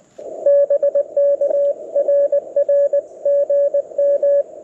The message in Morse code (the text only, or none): BK RR GM